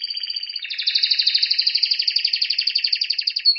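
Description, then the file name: Canary giving one long rolling trill of rapid pulses, its pattern shifting slightly after the start. "Canary Voice"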